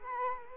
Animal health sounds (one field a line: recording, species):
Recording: mosquito wingbeat signal from an infrared sensor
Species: Culex quinquefasciatus